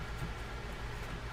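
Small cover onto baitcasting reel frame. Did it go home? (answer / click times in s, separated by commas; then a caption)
no / none. A small plastic side cover is handled and pushed into position on the frame of a low-profile Abu Revo Premier baitcasting fishing reel during reassembly after servicing. Only a steady low hum and faint handling noise are heard. Nothing has seated or clicked yet.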